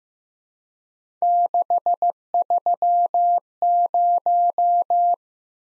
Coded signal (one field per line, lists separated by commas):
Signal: Morse code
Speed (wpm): 15 wpm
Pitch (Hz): 700 Hz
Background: none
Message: 630